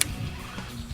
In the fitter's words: There we go. She snaps into place.